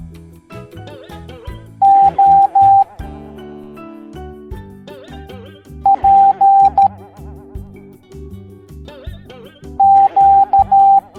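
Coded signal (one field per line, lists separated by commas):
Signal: Morse code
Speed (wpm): 13 wpm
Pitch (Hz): 790 Hz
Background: music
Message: O P Q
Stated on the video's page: Morse code alphabet lesson for kids in an educational cartoon.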